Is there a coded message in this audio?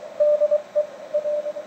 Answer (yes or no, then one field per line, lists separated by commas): yes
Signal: Morse code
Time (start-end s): 0.2-1.5 s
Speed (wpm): 23 wpm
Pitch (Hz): 600 Hz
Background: none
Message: DE R